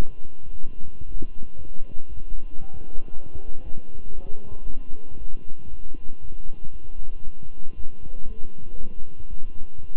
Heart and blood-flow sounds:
heart sounds by stethoscope; between the tricuspid and mitral areas; 116 bpm
0.52 s: heartbeat
1.05 s: heartbeat
1.57 s: heartbeat
2.09 s: heartbeat
2.60 s: heartbeat
3.12 s: heartbeat
3.64 s: heartbeat
4.15 s: heartbeat
4.66 s: heartbeat
5.18 s: heartbeat
5.70 s: heartbeat
6.21 s: heartbeat
6.72 s: heartbeat
7.24 s: heartbeat
7.75 s: heartbeat
8.26 s: heartbeat
8.77 s: heartbeat
9.29 s: heartbeat
9.80 s: heartbeat
From the record:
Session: walking at 3.7 km/h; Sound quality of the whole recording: good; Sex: male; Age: 23 years

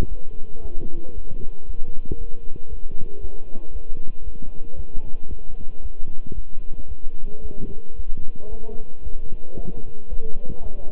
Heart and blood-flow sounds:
heart sounds by stethoscope; between the tricuspid and mitral areas; 114 bpm
0.07 s: heartbeat
0.60 s: heartbeat
1.12 s: heartbeat
1.64 s: heartbeat
2.16 s: heartbeat
2.68 s: heartbeat
3.19 s: heartbeat
3.71 s: heartbeat
4.22 s: heartbeat
4.74 s: heartbeat
5.27 s: heartbeat
5.80 s: heartbeat
6.33 s: heartbeat
6.86 s: heartbeat
7.40 s: heartbeat
7.94 s: heartbeat
8.47 s: heartbeat
9.01 s: heartbeat
9.54 s: heartbeat
10.08 s: heartbeat
10.61 s: heartbeat
From the record:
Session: walking at 3.7 km/h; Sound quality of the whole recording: good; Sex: male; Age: 26 years

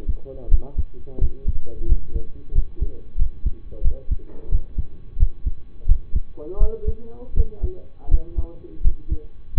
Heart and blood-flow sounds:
heart sounds by stethoscope; between the tricuspid and mitral areas; 86 bpm
0.48 s: heartbeat
1.18 s: heartbeat
1.86 s: heartbeat
2.52 s: heartbeat
3.16 s: heartbeat
3.82 s: heartbeat
4.49 s: heartbeat
5.17 s: heartbeat
5.86 s: heartbeat
6.58 s: heartbeat
7.34 s: heartbeat
8.08 s: heartbeat
8.82 s: heartbeat
9.54 s: heartbeat
From the record:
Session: rest, lying down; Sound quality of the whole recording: partially saturated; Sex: male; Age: 25 years

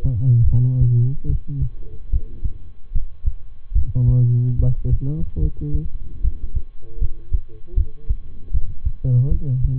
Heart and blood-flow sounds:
heart sounds by stethoscope; between the tricuspid and mitral areas; 75 bpm
0.45 s: heartbeat
1.26 s: heartbeat
2.09 s: heartbeat
2.91 s: heartbeat
3.72 s: heartbeat
4.56 s: heartbeat
5.38 s: heartbeat
6.20 s: heartbeat
6.97 s: heartbeat
7.73 s: heartbeat
8.50 s: heartbeat
9.28 s: heartbeat
From the record:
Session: rest, lying down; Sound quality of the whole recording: good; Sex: male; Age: 23 years

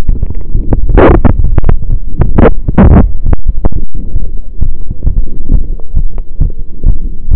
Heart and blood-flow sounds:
heart sounds by stethoscope; between the tricuspid and mitral areas; 133 bpm
0.07 s: heartbeat
0.54 s: heartbeat
0.99 s: heartbeat
1.45 s: heartbeat
1.89 s: heartbeat
2.35 s: heartbeat
2.80 s: heartbeat
3.25 s: heartbeat
3.71 s: heartbeat
4.16 s: heartbeat
4.61 s: heartbeat
5.05 s: heartbeat
5.51 s: heartbeat
5.96 s: heartbeat
6.40 s: heartbeat
6.85 s: heartbeat
7.30 s: heartbeat
From the record:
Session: pedaling a stationary bicycle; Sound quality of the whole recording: saturated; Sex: male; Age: 23 years

